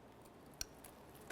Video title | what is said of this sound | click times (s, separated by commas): How to Replace Spark Plug 2005-2010 Chevy Cobalt | there's a click i'm going to give it a tug to make sure it's completely secured and it will not fall off | 0.6 s